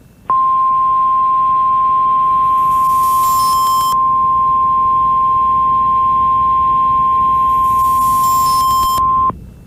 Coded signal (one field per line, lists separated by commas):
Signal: Emergency Alert System (SAME) tones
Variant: 1050 Hz attention tone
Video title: EAS COMPILATION LAREDO, TX APRIL 23 2023 SEVERE THUNDERSTORM/FLASH FLOOD WARNINGS (EAS #70-80)